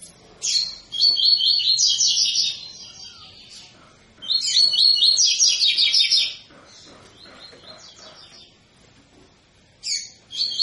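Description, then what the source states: Double-collared seedeater singing bright, rapid twittering phrases of buzzy and clear notes, two long bursts with a short one at the end, quiet pauses between. Tui-tui song style from a 'fibra' coleiro; a teacher song for training young birds.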